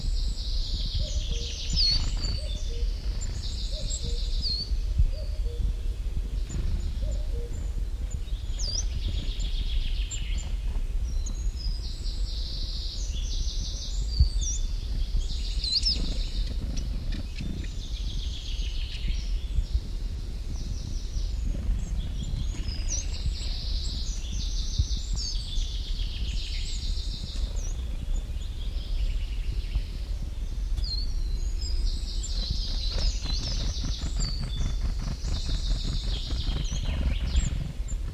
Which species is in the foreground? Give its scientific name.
Periparus ater